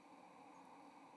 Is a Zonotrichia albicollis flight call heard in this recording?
no